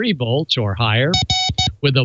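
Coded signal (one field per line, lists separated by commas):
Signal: none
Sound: music beat sound effects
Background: speech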